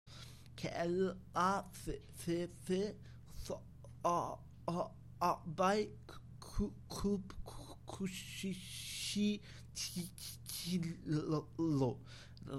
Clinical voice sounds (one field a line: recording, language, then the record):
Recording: elicited speech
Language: Bengali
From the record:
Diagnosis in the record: Broca's or global aphasia after a stroke